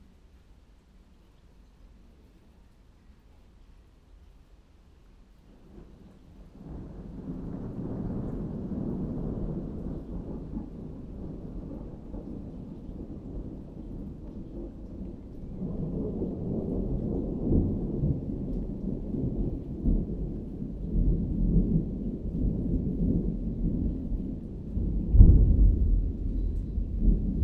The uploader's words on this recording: Rain and Thunder near Aschberg - 3pm - stereo version.